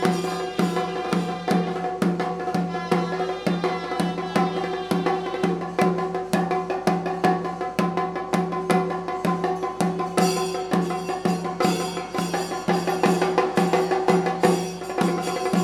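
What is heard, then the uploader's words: Panchavadyam temple orchestra plays at the Sri Sankarankulangara Temple festival: dense, fast drum strokes fall in a steady, driving rhythm throughout. Sustained tones ring beneath the beats, and brighter metallic clashing thickens the sound from around the tenth second onward. I did some recordings of Panchavadyam (Temple Orchestra) at Sri Sankarankulangara Temple festival (chuttu valakku) in Thrissur. Of the five instruments, four — timila, maddalam, ilathalam and idakka — belong to the percussion category, while the fifth, kombu, is a wind instrument.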